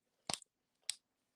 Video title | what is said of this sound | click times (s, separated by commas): Marvel Legends Age of Apocalypse Colossus Wave Unboxing and BAF build - Live @ 705 - 11/3/21 | Yep, you get a little bit of a pop sound here. | 0.9 s